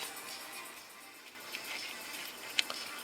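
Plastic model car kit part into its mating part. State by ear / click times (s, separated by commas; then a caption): seated / 2.6 s. Two unpainted injection-molded plastic parts of an Aoshima 1:24 Toyota 86 model car kit are pressed together by hand, without glue, over a faint steady background hiss with light handling ticks. A sharp, bright snap at 2.6 s marks the part seating firmly into its mating part, followed by a softer tick just after.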